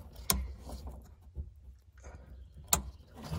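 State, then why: Released. The plastic release tabs on a fuel line quick-connect fitting at the fuel pump module of a 1995–1999 Oldsmobile Aurora are pinched together until they click, so the lines can be pulled off. Two sharp clicks ring out at 0.3 s and 2.7 s over faint low handling noise and a few soft knocks. The quick-connect fittings click open and are released.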